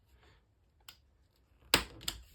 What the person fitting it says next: Very satisfying when you hear that click as it unlocks itself from the sheet. There we are.